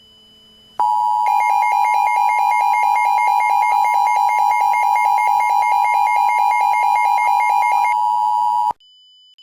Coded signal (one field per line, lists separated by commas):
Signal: Emergency Alert System (SAME) tones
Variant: 853 and 960 Hz attention tone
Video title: Lucifer’s Rising: An EAS Scenario